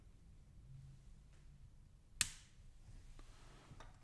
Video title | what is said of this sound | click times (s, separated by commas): Relaxing LEGO Build - Llama - Calm, Cozy Narration | With a satisfying click, we | 2.2 s